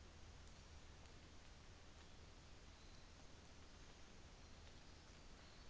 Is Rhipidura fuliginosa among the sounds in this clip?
no